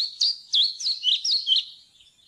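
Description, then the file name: European pied flycatcher song: a short, high phrase of six quick sweeping notes. "svarthvit fluesnapper"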